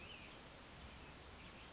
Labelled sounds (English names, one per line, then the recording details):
California Towhee
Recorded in Sonoma County, California